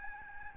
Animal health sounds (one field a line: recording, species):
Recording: mosquito wingbeat signal from an infrared sensor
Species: Aedes albopictus